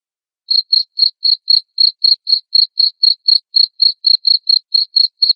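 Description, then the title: Cricket chirping begins after half a second of silence, then high pulses follow each other about four per second, regular and unaccompanied. Loud chirping of a cricket, played to stimulate lovebirds into continuous singing. "Suara JANGKRIK NGERIK Keras Bikin LOVEBIRD Jadi NGEKEK Terus Vubey"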